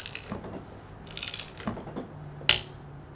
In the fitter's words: that click that was the click telling me that I hit my meters right my meters from per inch